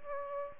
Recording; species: mosquito wingbeat signal from an infrared sensor; Aedes aegypti